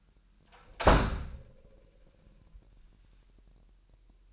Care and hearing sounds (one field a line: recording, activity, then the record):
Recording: daily activity, microphone in the room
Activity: close door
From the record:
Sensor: 2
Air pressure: 998.2 hPa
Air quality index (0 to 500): 141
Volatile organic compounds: 4 ppm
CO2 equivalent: 1601 ppm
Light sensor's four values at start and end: 12/34/14/13 and 12/34/14/13